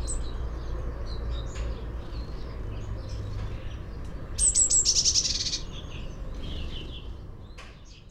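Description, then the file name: Eurasian blue tit giving a quick high-pitched call that breaks into a fast, rasping chatter for about a second, amid scattered bird chirps and a low constant hum. "Cyanistes caeruleus"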